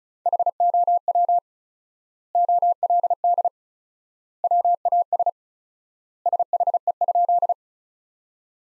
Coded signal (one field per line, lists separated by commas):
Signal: Morse code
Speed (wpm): 34 wpm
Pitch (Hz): 700 Hz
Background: none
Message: HOW OLD WAS SHE?